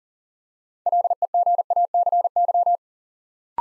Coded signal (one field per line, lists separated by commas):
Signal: Morse code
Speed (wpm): 38 wpm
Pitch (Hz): 700 Hz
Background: none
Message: LEGACY